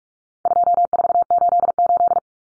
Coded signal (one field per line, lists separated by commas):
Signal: Morse code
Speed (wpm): 44 wpm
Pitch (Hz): 700 Hz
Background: none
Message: 2488